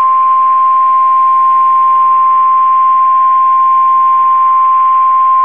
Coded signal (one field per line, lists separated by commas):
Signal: Emergency Alert System (SAME) tones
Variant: 1050 Hz attention tone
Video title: EAS 1695-1699 (4/22/22)